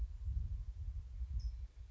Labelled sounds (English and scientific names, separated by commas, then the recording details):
California Towhee (Melozone crissalis)
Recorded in Sonoma County, California